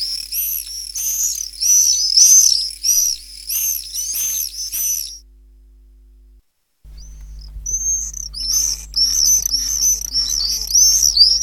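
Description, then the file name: Common swift calls: shrill screaming bursts, a brief gap, then renewed buzzy screaming over a low hum. "apus apus"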